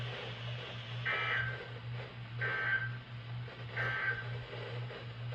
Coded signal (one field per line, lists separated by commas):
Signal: Emergency Alert System (SAME) tones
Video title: A Spiced Up Marginal - Alerts from 9/21/24 (EAS #1356 - 1374)